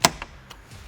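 A side inlet grill trim on a Corvette Z06/E-Ray is pulled off the car body panel in one piece after being freed at the top. It releases with a sharp pop at 0.1 s, followed by two fainter clicks at 0.2 s and 0.5 s. The trim comes off whole.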